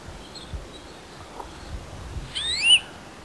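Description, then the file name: European greenfinch call: after a quiet start, a single clear upslurred whistled note near the end. "Chloris chloris"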